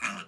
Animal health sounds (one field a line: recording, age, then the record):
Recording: pig call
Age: piglet (1 to 25 days)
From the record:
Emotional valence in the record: negative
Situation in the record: castration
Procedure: castration, shear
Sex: male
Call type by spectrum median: low-frequency call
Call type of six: low-frequency tonal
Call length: 0.28 s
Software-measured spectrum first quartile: 1182 Hz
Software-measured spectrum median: 2037 Hz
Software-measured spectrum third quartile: 2847 Hz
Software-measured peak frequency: 2466 Hz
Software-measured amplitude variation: 152 dB a second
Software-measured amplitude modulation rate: 9.0 a second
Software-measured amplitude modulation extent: 16.9 dB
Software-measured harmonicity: 1.1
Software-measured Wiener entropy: -1.07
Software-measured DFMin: 468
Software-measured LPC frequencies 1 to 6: 1287, 2436, 5734, 6587, 7720, 9048 Hz